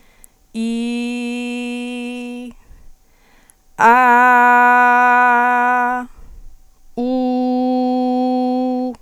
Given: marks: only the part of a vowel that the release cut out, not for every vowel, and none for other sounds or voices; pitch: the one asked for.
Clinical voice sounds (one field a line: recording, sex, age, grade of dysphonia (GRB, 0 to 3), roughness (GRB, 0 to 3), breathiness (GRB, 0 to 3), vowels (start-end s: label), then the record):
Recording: sustained vowels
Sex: female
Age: 20 to 29 years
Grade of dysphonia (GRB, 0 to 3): 0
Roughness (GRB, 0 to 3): 0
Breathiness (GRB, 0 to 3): 0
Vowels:
0.63-2.37 s: vowel /i/, low pitch
3.92-5.95 s: vowel /a/, low pitch
7.30-8.78 s: vowel /u/, low pitch
From the record:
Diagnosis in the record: healthy voice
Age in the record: 23 years